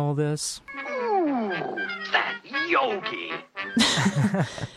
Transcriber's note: laughs